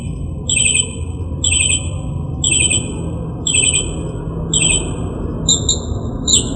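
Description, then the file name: Northern mockingbird singing a short burry phrase roughly once a second, switching to a different whistled phrase at the end, with low rumbling background noise. "kicauan-burung-northern-mockingbird -omkicau"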